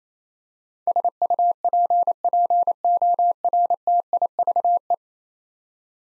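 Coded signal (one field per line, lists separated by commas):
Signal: Morse code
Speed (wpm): 28 wpm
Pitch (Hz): 700 Hz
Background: none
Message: SUPPORTIVE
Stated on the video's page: Morse practice drill of ten-letter words at 28 wpm for head-copy, each word sent, spoken, then sent again.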